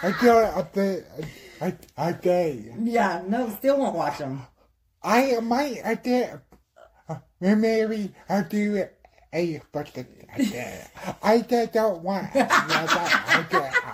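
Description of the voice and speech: Halting, fragmented speech from a 39-year-old man with aphasia: drawn-out vowels, repeated restarts on 'I d-', and frequent pauses between short bursts of a few words. The non-fluent speech reflects aphasia, a speech and language disorder that makes finding and producing words difficult.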